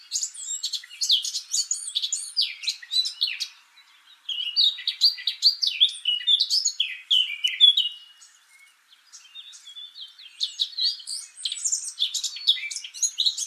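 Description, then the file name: Eurasian blackcap singing a rich, chattering warble with high scratchy notes and mellow whistles, broken by pauses around four and nine seconds. "Sylvia atricapilla"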